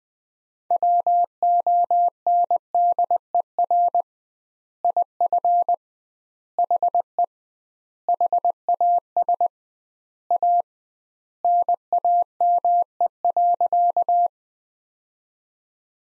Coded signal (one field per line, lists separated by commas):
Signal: Morse code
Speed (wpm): 20 wpm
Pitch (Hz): 700 Hz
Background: none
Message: WONDER IF HE HAS A NAME.